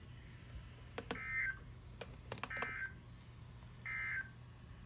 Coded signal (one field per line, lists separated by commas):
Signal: Emergency Alert System (SAME) tones